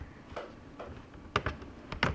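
During reassembly of an Asus X54C laptop after a power jack repair, a plastic panel or keyboard is pressed down so its clips snap into the laptop chassis. Softer taps and handling sounds lead to two sharp, loud clicks at 1.4 s and 2.0 s. The part is seated in place.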